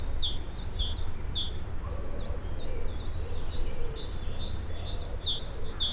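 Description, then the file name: Great tit giving clear, high, slurred chirps in rapid succession, several overlapping, with a continuous low-pitched hum underneath. "Parus major"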